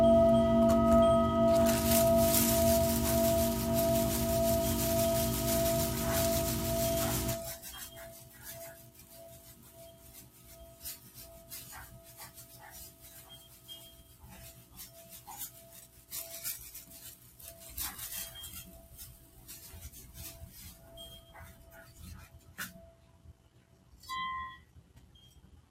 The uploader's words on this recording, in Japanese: 夜のシンギングボウルのサウンドヒーリング。チベタンシンギングボウル。